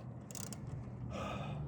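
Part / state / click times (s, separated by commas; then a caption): torque wrench on wheel lug nut / torque reached / 0.3 s, 0.4 s, 0.5 s. A click-type torque wrench tightens a wheel lug nut to 80 ft-lb and gives sharp clicks at 0.3, 0.4 and 0.5 seconds, confirming the set torque is reached. A low steady hum runs underneath, and a brighter broadband noise rises from about 1.1 seconds to the end.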